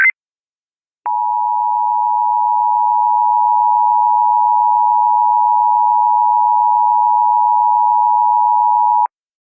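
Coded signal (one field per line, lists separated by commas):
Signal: Emergency Alert System (SAME) tones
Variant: 853 and 960 Hz attention tone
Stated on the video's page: Entirely fictional EAS scenario.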